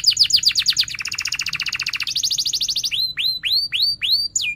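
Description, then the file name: Canary singing fast rolling trills that drop then climb in pitch, ending with a series of loud slurred upward whistles about three per second. Canary singing vigorously (gacor) with chirping 'cuit cuit' notes and sharp rolling trills (ngerol tajam). "Suara Kenari Gacor Cuit Cuit Ngerol Tajam"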